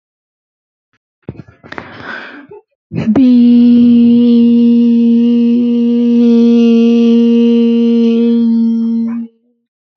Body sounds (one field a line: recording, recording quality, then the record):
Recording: sustained vowel as in beet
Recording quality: excellent, no background noise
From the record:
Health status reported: healthy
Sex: female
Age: 22 years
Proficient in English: yes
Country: India